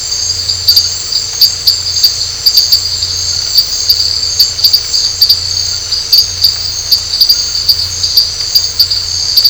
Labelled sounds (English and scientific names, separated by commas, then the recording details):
none
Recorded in dense forest near Puerto Asís, Putumayo, Colombia, on 13 March 2025 at 22:30
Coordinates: 0.468, -76.322
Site GP01